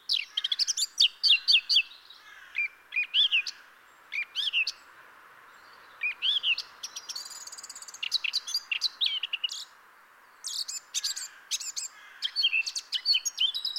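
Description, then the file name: Eurasian blackcap song, a varied run of fast chattering notes and clear whistled phrases in bursts, with short pauses between phrases. "Sylvia atricapilla"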